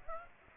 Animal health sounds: mosquito wingbeat signal from an infrared sensor; Aedes aegypti

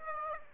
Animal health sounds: mosquito wingbeat signal from an infrared sensor; Aedes aegypti

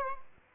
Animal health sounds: mosquito wingbeat signal from an infrared sensor; Aedes albopictus

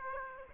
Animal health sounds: mosquito wingbeat signal from an infrared sensor; Aedes aegypti

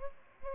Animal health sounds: mosquito wingbeat signal from an infrared sensor; Aedes albopictus

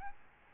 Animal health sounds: mosquito wingbeat signal from an infrared sensor; Aedes albopictus

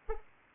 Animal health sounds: mosquito wingbeat signal from an infrared sensor; Anopheles arabiensis

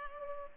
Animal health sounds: mosquito wingbeat signal from an infrared sensor; Culex pipiens

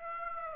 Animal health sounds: mosquito wingbeat signal from an infrared sensor; Aedes aegypti

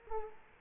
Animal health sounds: mosquito wingbeat signal from an infrared sensor; Culex quinquefasciatus

